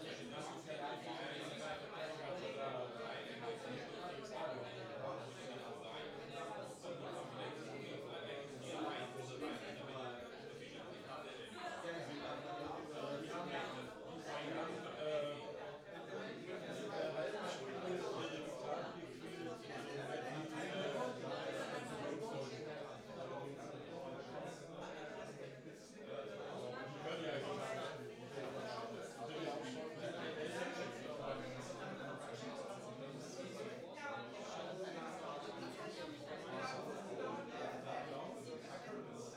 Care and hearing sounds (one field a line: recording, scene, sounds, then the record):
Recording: everyday scene through a hearing-aid microphone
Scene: many people talking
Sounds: many voices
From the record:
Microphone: in the ear canal, right